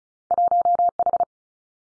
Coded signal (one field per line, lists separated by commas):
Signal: Morse code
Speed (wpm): 36 wpm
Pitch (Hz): 700 Hz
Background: none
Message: 1 H